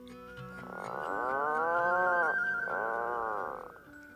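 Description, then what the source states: Atlantic Puffin calling: two long, deep, moaning groans with a rising-then-falling shape, over a steady high musical drone. Recorded by Simon Elliott; hosted on xeno-canto.org.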